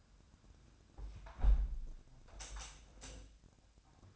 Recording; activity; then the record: daily activity, microphone in the room; close window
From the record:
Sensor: 2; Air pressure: 1006.4 hPa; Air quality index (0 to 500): 192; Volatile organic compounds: 12 ppm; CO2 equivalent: 2338 ppm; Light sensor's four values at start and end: 8/21/8/9 and 8/21/8/9